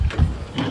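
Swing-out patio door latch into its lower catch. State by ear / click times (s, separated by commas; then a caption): seated / 0.6 s. On a 2022 Forest River XLR Boost 37TSX13, the swing-out patio gate or door is swung out and latched at the bottom into its lower catch. After a brief low rumbling knock near the start, a sharp click is heard at 0.6 s as the latch seats into the catch.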